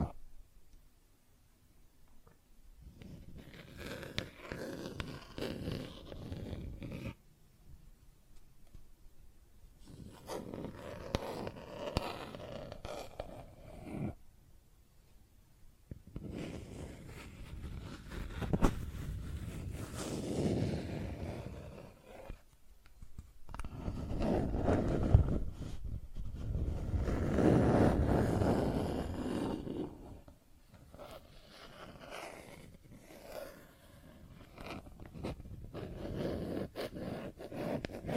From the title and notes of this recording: ASMR Plastic Objects Tapping and Scratching (No Talking).